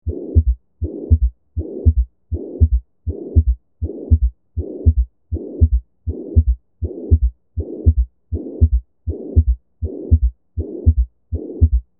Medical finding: Pansystolic murmur.